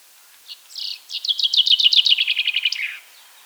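Common chaffinch song: a few soft introductory notes, then an evenly paced series of bright repeated notes falling slightly in pitch.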